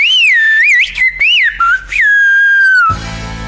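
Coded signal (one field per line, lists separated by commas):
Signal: whistled language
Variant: Silbo Gomero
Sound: a loud human whistle gliding up and down in speech-like phrases, ending with a long held falling note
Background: room noise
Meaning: Rogelio, the shopping is here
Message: Rogelio, ya está aquí la compra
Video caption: I leave the frozen ones; (In Gomeran whistle) Rogelio, ya está aquí la compra.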